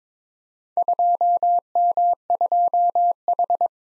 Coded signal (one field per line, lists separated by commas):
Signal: Morse code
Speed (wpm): 22 wpm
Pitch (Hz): 700 Hz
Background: none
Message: 2M2H